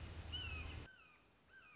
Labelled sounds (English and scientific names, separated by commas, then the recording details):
Red-shouldered Hawk (Buteo lineatus)
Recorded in Sonoma County, California